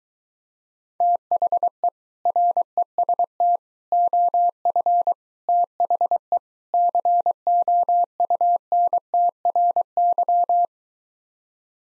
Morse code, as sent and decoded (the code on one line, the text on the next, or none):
- .... . / .-. . ... - / --- ..-. / - .... . / -.-. --- ..- -. - .-. -.--
THE REST OF THE COUNTRY